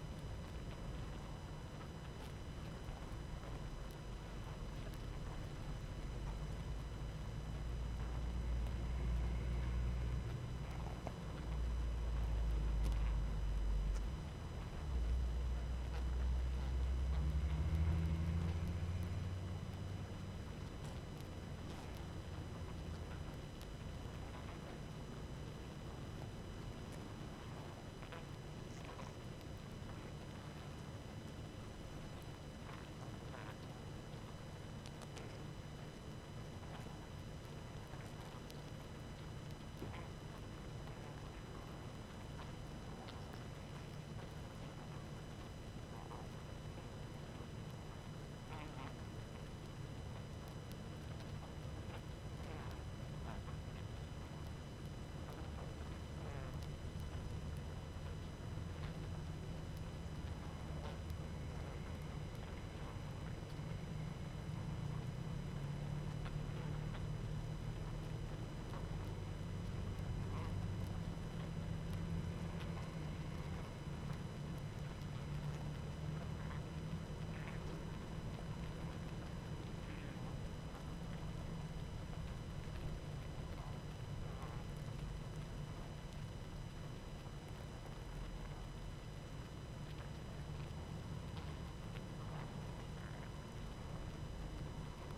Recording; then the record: honeybee colony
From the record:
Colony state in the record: active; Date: 12 June 2018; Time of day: 19:16